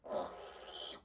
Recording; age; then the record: pig call; piglet (1 to 25 days)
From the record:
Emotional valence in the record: negative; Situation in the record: restrain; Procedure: back test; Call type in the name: high-frequency call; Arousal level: low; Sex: female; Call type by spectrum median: high-frequency call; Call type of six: high-frequency stable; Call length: 1.05 s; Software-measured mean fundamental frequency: 182 Hz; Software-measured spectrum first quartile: 920 Hz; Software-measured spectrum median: 4465 Hz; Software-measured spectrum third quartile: 8953 Hz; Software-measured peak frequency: 596 Hz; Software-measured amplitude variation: 177 dB a second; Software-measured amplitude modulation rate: 21.8 a second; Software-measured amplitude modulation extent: 8.1 dB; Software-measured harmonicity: 2.4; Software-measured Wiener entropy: -2.40